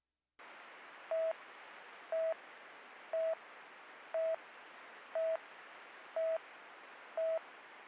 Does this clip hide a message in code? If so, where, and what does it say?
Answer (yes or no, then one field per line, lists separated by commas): no